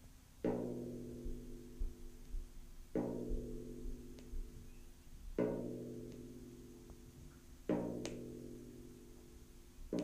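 A drum struck about every two and a half seconds, each hit giving a full, low, ringing tone that fades slowly before the next. The beats are evenly spaced, five in all, with a soft low rumble underneath throughout.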